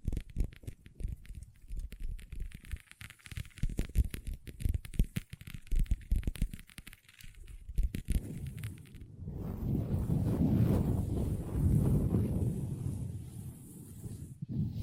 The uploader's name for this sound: Table Tapping & Scratching with Long Nails